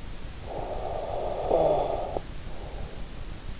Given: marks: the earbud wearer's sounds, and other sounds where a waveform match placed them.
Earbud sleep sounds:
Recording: sounds in sleep by an in-ear microphone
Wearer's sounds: snoring breath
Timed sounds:
0.17-3.07 s: snoring breath

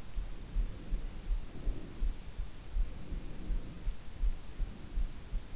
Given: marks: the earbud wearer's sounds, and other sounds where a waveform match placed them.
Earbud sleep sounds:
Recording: sounds in sleep by an in-ear microphone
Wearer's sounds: breath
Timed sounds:
0.19-2.19 s: breath
2.94-5.36 s: breath

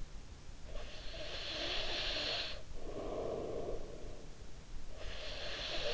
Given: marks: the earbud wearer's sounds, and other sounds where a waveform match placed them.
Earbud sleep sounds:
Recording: sounds in sleep by an in-ear microphone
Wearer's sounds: breath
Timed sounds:
0.62-5.93 s: breath

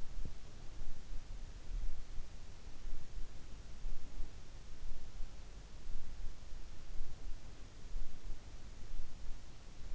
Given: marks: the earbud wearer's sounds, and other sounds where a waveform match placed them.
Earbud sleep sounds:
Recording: sounds in sleep by an in-ear microphone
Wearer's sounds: teeth grinding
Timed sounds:
0.00-0.48 s: teeth grinding

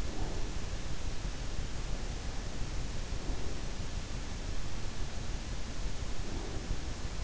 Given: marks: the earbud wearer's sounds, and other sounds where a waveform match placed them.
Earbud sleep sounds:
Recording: sounds in sleep by an in-ear microphone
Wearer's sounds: breath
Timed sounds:
0.00-0.58 s: breath
3.23-3.75 s: breath
6.27-6.88 s: breath

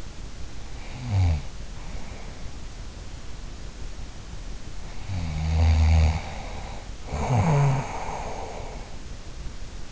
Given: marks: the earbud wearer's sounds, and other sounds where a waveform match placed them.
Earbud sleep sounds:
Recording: sounds in sleep by an in-ear microphone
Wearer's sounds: snoring breath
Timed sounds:
0.00-2.93 s: snoring breath
5.25-9.04 s: snoring breath

